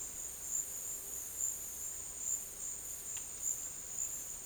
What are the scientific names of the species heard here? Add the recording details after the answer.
none. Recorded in dense forest near Puerto Asís, Putumayo, Colombia, on 23 June 2025 at 11:30. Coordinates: 0.484, -76.325. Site H65